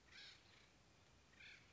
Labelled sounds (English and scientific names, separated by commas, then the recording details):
Acorn Woodpecker (Melanerpes formicivorus)
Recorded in Sonoma County, California